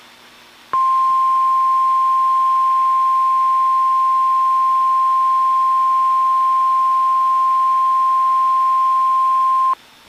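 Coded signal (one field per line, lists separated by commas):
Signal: Emergency Alert System (SAME) tones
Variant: 1050 Hz attention tone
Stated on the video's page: NOAA Weather Radio required weekly test on KHB32 with live voice announcement, audio recorded directly from the weather radio.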